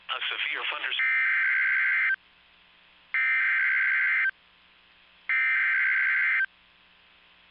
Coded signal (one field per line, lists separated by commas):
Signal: Emergency Alert System (SAME) tones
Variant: header bursts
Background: speech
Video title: OKLAHOMA TROUBLE | EAS Alerts from April 19th, 2023 (EAS #2325-2341)